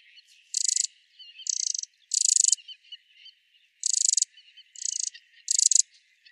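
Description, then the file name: Eurasian wren giving dry, rattling churr calls, six short buzzy bursts at irregular intervals, with faint softer chirps between them. "Troglodytes troglodytes"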